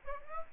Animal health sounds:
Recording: mosquito wingbeat signal from an infrared sensor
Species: Aedes aegypti

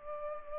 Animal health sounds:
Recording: mosquito wingbeat signal from an infrared sensor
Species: Culex pipiens

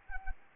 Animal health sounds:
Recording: mosquito wingbeat signal from an infrared sensor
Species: Anopheles arabiensis

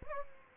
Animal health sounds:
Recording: mosquito wingbeat signal from an infrared sensor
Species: Aedes aegypti

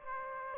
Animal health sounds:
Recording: mosquito wingbeat signal from an infrared sensor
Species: Aedes aegypti

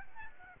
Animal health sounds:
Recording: mosquito wingbeat signal from an infrared sensor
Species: Aedes albopictus

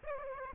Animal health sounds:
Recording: mosquito wingbeat signal from an infrared sensor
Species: Aedes aegypti

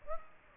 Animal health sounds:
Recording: mosquito wingbeat signal from an infrared sensor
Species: Aedes aegypti

